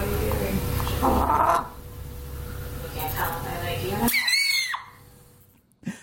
It's a sneezing chicken. Sounds like a 2-year-old girl being possessed by demons.